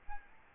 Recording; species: mosquito wingbeat signal from an infrared sensor; Aedes albopictus